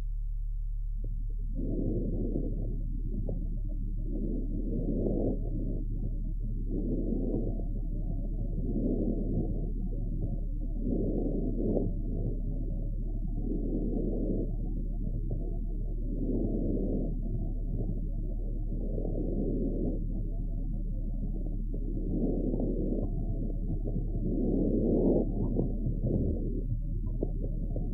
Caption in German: Wesentlich häufiger ist bei Pferden, zum Beispiel infolge einer latenten chronischen Bronchitis, das verschärft vesikuläre Atemgeräusch hörbar. Überwiegend inspiratorisch vorhandene verschärfte Geräusch.